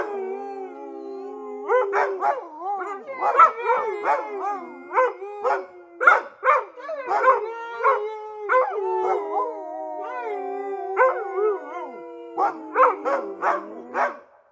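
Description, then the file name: Dogs howl in long, tonal, wavering notes throughout, with short barks and yips breaking in over the sustained howling. "Dogs Barking"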